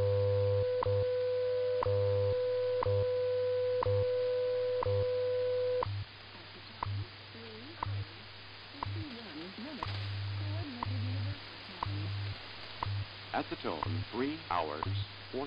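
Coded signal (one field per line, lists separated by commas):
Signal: radio time signal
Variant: WWV and WWVH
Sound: steady 500 Hz tone with a hum, broken by a tick each second, then a spoken announcement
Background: radio static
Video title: 20 minutes of WWV and WWVH on 10MHz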